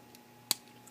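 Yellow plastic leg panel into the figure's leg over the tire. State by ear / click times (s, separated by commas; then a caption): seated / 0.5 s. A small yellow plastic panel on the leg of a Transformers Studio Series Deluxe Class Bumblebee figure is folded back over the tire and pushed until it seats. A sharp, bright plastic click sounds at 0.5 s, with a few faint ticks before and after it. The panel clicks into place and is seated.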